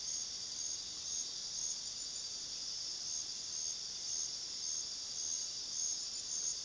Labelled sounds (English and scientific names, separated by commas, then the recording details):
none
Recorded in pastures near Puerto Asís, Putumayo, Colombia, on 20 February 2024 at 22:30
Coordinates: 0.497, -76.327
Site G7276